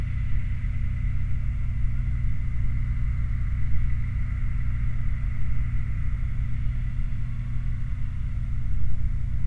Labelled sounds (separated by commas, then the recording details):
machinery, flare stack
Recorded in the Prudhoe Bay oil fields, Alaska, on 28 July 2019 at 20:24
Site 29